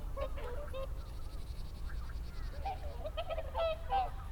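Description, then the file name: Whooper swans calling, quick nasal honks from several birds, a louder pair near the end, low rumble throughout. Recorded 30 December 2009. "20091230 oohakutyo"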